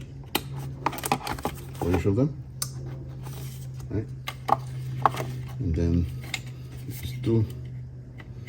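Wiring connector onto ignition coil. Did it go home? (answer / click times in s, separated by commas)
yes / 5.1 s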